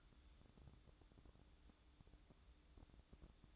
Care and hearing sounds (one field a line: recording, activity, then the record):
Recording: daily activity, microphone in the room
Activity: take from stove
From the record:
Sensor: 3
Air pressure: 1008.0 hPa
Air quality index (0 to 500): 121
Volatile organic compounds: 2 ppm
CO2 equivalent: 1002 ppm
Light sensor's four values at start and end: 9/20/8/8 and 9/20/8/8